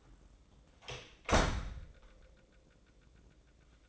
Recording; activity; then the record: daily activity, microphone in the room; close door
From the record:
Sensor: 3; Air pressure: 1012.3 hPa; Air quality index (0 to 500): 181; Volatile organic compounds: 3 ppm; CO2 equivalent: 1382 ppm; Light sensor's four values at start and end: 518/1288/530/538 and 523/1299/535/544